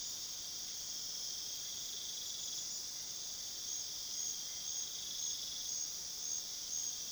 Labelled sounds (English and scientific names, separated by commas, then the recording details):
none
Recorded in pastures near Puerto Asís, Putumayo, Colombia, on 20 February 2024 at 23:00
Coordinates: 0.497, -76.327
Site G7276